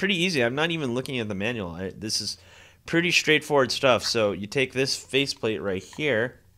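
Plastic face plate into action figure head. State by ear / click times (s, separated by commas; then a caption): not seated / none. A plastic face plate is handled before being pressed into the head of an action figure while someone talks throughout. The clip ends before the part goes in, so nothing has seated or clicked yet.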